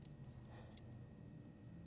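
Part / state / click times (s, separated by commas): spare key into key fob housing / not seated / none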